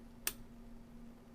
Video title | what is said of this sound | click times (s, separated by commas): FireTEK FTH 48e basic display setup with one module. | Clicking it back in, listen for the click. | 0.3 s